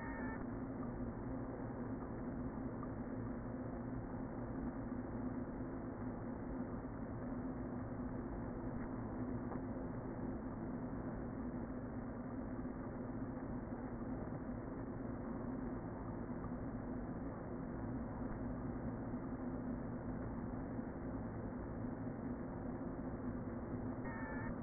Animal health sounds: honeybee colony, microphone inside the hive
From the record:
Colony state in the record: queen present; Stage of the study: before two queens were removed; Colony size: about 60,000 bees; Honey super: yes

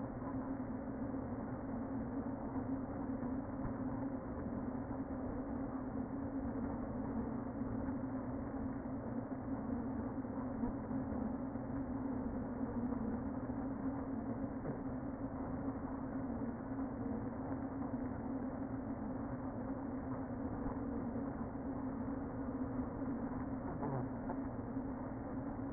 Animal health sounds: honeybee colony, microphone inside the hive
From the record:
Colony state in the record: queen present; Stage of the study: before two queens were removed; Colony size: about 60,000 bees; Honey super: yes

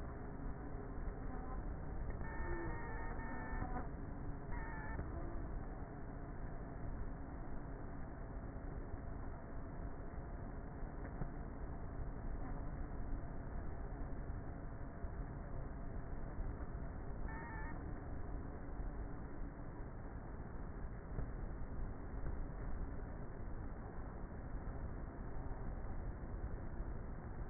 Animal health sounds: honeybee colony, microphone inside the hive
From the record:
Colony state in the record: queenless with a low population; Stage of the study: before two queens were removed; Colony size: about 30,000 bees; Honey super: no

